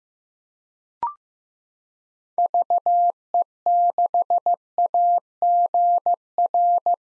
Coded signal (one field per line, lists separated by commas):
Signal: Morse code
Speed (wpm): 16 wpm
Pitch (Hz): 700 Hz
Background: none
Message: VE6AGR